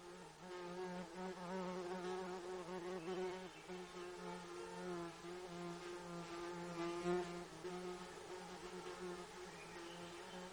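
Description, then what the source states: Insect buzzing, a continuous wavering hum with harmonics, fairly soft, over about ten seconds. Recorded in Gates of the Arctic, Alaska, on 12 June 2018 around 21:03.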